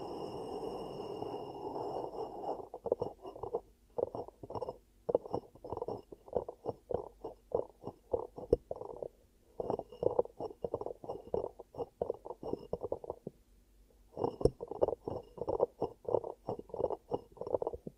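Ear cupping for ASMR: hands close and open over the microphone in quick muffled swishes, a dense hollow rubbing for the first two seconds, then rhythmic pulses several per second. Brief pauses fall near 4, 9 and 13 seconds, with a faint steady high tone underneath.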